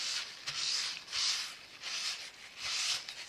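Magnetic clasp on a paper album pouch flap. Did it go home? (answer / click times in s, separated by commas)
no / none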